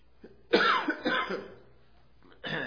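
Three harsh, loose cough bursts from an adult man, a junky, productive (chesty) cough that has lingered for weeks.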